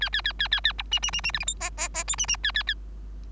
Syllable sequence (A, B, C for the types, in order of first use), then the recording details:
A A A A A A B C C C C D E F G G G H C C A A A. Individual Bird3